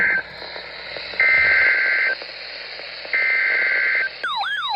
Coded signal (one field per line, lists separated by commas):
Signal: Emergency Alert System (SAME) tones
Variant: header bursts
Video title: EAS #206 FLW (RFW) on KDO94 Akron, OH